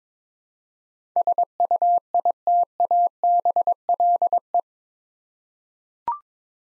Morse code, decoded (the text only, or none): SUITABLE